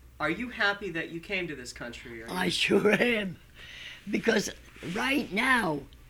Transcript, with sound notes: Are you happy that you came to this country, or are you... (she laughs)
Because right now